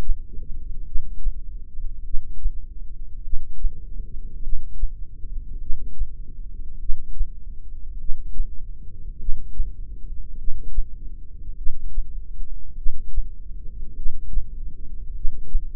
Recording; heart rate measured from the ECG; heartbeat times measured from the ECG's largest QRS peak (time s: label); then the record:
heart sounds by microphone in the left ear; 50 bpm
0.86 s: heartbeat
2.05 s: heartbeat
3.24 s: heartbeat
4.43 s: heartbeat
5.61 s: heartbeat
6.80 s: heartbeat
8.00 s: heartbeat
9.19 s: heartbeat
10.38 s: heartbeat
11.58 s: heartbeat
12.77 s: heartbeat
13.96 s: heartbeat
15.15 s: heartbeat
From the record:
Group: heart failure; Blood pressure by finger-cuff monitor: 113/64 mmHg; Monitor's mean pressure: 80 mmHg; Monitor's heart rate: 50 bpm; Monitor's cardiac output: 4.3 L/min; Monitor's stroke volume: 86 mL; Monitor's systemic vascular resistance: 1340 dyn s/cm5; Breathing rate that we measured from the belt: 12 breaths a minute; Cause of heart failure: cardiac sarcoid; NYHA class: 1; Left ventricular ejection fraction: 39%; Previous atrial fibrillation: present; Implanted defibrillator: present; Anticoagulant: apixaban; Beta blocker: carvedilol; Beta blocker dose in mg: 50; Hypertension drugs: ramipril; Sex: male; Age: 79 years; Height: 184 cm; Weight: 92.5 kg